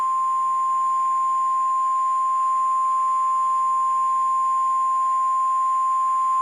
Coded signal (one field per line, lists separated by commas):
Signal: Emergency Alert System (SAME) tones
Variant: 1050 Hz attention tone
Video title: (BEING REWORKED) Michigan EAS hijack incident